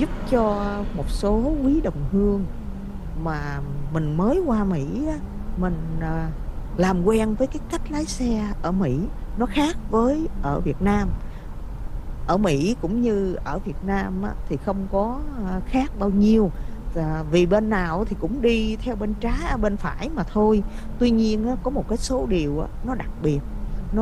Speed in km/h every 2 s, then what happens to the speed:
52, 56, 58, 60, 58, 56, 55, 53, 53, 53, 55, 58.
0-5 speeds up to 60. 14-24 steady at about 53.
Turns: none.